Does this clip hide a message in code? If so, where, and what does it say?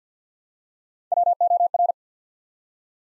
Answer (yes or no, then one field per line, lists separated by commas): yes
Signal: Morse code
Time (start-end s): 1.1-1.9 s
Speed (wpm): 50 wpm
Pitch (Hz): 700 Hz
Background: none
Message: WOR